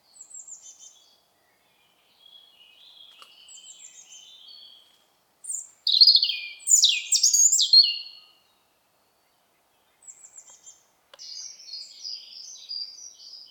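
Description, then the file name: European robin singing varied phrases of high, thin whistles and quick tumbling trills, separated by short pauses, with a louder, more complex burst in the middle. "Erithacus rubecula"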